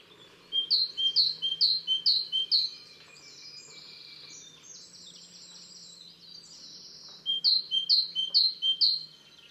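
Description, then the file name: Great tit singing, a rhythmic run of paired high and lower whistled notes, then a pause filled with softer sounds, then the same seesaw phrase again. "Carbonero comun"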